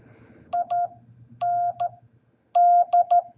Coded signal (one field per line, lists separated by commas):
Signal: Morse code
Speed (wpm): 12 wpm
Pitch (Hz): 700 Hz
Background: none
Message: IND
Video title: What Is Independence Day In Morse Code?